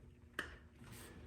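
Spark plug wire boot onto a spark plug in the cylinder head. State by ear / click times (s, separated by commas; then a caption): seated / 0.4 s. A spark plug wire boot is pushed onto a spark plug in the cylinder head of a 5.3 V8 engine. A single sharp click sounds at 0.4 s over a quiet background. The boot is seated and installed.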